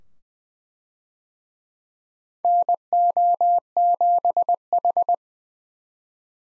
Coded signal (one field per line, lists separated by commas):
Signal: Morse code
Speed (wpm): 21 wpm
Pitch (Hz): 700 Hz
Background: none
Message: NO7H